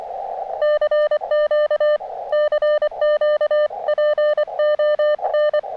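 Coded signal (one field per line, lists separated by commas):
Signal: Morse code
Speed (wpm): 23 wpm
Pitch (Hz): 590 Hz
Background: none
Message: CQ CQ PON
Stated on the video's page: Parks On The Air activation from a state park with decent band conditions but heavy QRN from nearby storms.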